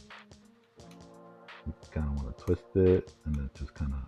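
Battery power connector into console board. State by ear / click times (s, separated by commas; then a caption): not seated / none. A battery power connector is handled and lined up over a PS Vita console board, positioned before being twisted and pushed home. Someone talks over background music, with a few soft handling taps. Nothing has seated or clicked yet.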